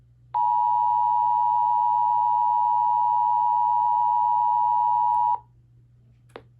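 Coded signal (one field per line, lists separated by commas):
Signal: Emergency Alert System (SAME) tones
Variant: 853 and 960 Hz attention tone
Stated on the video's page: EAS relay of a flash flood warning from NWS Norman.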